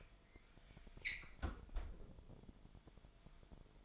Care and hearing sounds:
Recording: daily activity, microphone in the room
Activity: close fridge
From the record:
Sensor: 5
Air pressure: 1002.1 hPa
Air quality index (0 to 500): 226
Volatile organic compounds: 29 ppm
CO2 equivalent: 2940 ppm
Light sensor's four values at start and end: 10/23/10/11 and 9/21/9/10

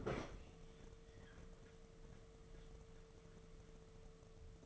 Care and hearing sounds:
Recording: daily activity, microphone in the room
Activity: open fridge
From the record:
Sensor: 4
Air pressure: 1015.9 hPa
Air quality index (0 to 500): 192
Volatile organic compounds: 10 ppm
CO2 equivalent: 2212 ppm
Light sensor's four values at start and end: 18/42/18/19 and 12/28/12/13

